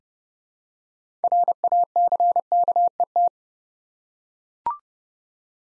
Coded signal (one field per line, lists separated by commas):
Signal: Morse code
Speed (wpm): 30 wpm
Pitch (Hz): 700 Hz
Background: none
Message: RACKET